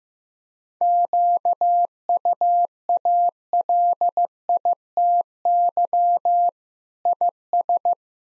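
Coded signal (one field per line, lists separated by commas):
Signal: Morse code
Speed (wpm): 16 wpm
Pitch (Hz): 700 Hz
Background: none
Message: QUALITY IS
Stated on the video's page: Practice sentences containing common six-word phrases at 15 wpm, each sent twice in Morse around a spoken version.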